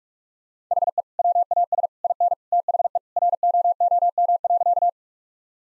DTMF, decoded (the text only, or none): none